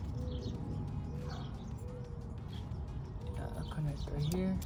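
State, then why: Not seated. The dome light wiring connector of an S2000 LED dome light replacement is held and lined up with its mating plug, ready to be pushed home, while someone talks over a steady low background hum with faint tonal sounds. Nothing has seated or clicked yet.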